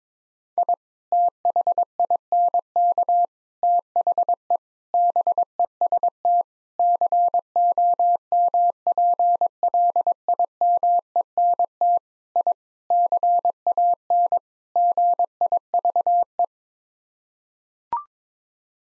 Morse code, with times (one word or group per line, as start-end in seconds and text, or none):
0.6-0.7 I
1.1-3.2 THINK
3.6-4.6 THE
4.9-6.4 BEST
6.8-12.0 COMPLIMENT
12.4-12.5 I
12.9-14.4 CAN
14.8-16.4 GIVE